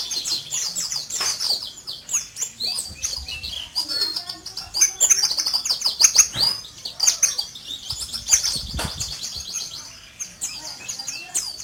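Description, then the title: White-eye song, a busy stream of high chirps and twittering trills in quick bursts throughout. White-eye (pleci) called Mr. Kebo; Malang, East Java. "Pleci Mr. Kebo Malang - Jawa Timur"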